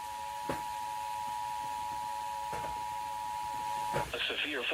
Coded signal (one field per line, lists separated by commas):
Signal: Emergency Alert System (SAME) tones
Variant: 853 and 960 Hz attention tone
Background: speech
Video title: GETTING ALERTS AT WORK ONCE MORE... EAS Alerts from 8/4/25 (EAS #6,145 - 6,162)